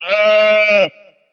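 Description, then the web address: Sheep bleating once: a single steady, rich-toned baa lasting just under a second, then silence. "ovca"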